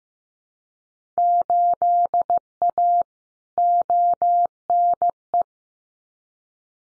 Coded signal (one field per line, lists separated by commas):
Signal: Morse code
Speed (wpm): 15 wpm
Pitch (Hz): 700 Hz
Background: none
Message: 8A ONE